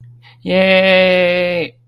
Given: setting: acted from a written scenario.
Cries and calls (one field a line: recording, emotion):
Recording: vocal sound without words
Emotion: elation